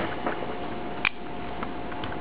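A coin cell battery is pressed back into its holder in a BMW M3 key fob, and it seats with one sharp click at 1.0 s. Softer ticks follow over a low steady hum, and the battery ends up seated.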